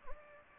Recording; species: mosquito wingbeat signal from an infrared sensor; Anopheles gambiae